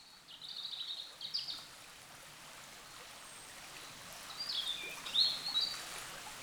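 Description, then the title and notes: Bird song in thin high phrases, a squeaky run early and a sharper rising flourish later, over a soft background hiss. Wild birds in forest along a small branch of the Dordogne at the exit of Carennac, France; recorded with a Zoom H5 and XYH-5 microphone. "Carennac - Oiseaux de la Dordogne. Oiseaux Loire forêt Carennac. A la sortie de Carennac, le long d'un petit bras de la Dordogne, les oiseaux dans la forêt"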